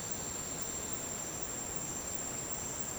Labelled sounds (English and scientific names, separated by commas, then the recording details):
none
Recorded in dense forest near Puerto Asís, Putumayo, Colombia, on 22 June 2025 at 09:00
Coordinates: 0.484, -76.317
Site G045